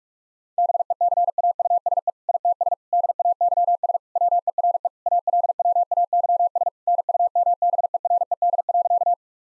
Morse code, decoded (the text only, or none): BECAUSE ITS DAYS WERE ALWAYS NUMBERED.